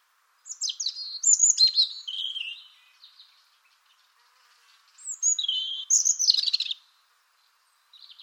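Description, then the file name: European robin song: a cascade of high, sliding whistles and twittering notes, a pause, then another sweet, tumbling phrase and a brief start of a third. "Erithacus rubecula"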